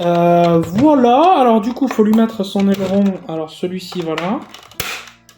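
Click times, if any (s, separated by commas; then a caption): 4.8 s. Someone talks while fitting a plastic fin onto the body of a plastic Buzz Lightyear toy spaceship. A sharp snap at 4.8 s marks the fin clipping into place, seated perfectly.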